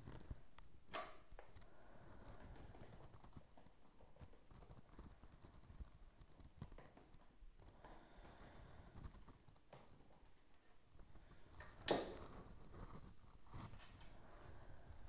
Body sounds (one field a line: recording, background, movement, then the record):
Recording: deep breathing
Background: quiet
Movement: sitting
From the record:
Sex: female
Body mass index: 18.3 kg/m2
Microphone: on the chest, facing outward